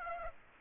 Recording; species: mosquito wingbeat signal from an infrared sensor; Aedes aegypti